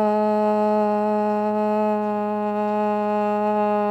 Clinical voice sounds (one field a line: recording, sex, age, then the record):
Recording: sustained vowel /a/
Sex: female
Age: 50 to 59 years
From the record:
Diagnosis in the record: healthy control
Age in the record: 59 years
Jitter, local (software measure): 0.33%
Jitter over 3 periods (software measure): 0.22%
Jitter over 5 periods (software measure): 0.18%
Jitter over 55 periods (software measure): 0.30%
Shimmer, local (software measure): 2.8%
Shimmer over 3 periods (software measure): 1.7%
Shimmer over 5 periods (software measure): 1.5%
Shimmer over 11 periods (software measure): 1.8%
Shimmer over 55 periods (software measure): 4.0%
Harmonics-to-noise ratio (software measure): 19.9 dB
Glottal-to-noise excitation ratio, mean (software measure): 0.97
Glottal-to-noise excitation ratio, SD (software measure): 0.010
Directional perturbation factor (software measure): 60.2%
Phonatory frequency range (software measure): 0.06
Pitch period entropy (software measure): 0.04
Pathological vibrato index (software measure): 0.17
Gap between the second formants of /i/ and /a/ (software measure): 1229 Hz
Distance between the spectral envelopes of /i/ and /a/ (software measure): 8.1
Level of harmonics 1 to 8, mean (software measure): -4.5, -5.7, -3.9, -4.4, -17.0, -19.0, -24.6, -30.0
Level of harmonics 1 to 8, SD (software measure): 1.0, 1.3, 2.1, 1.4, 2.0, 2.2, 1.6, 1.7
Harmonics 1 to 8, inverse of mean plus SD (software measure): 0.180, 0.143, 0.168, 0.172, 0.052, 0.047, 0.038, 0.032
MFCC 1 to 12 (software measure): -0.2, -11.6, -11.5, -7.1, 1.8, -9.4, -4.0, -14.9, -8.3, -5.7, -10.6, -5.5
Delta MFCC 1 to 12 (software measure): -0.008, 0.003, 0.003, 0.004, 0.004, -0.009, 0.000, 0.005, 0.011, 0.000, -0.004, 0.013